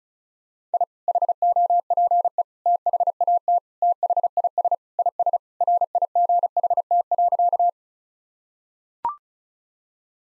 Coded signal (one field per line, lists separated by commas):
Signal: Morse code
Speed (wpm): 36 wpm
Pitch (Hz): 700 Hz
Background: none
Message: I HOPE THAT THIS IS RIGHT.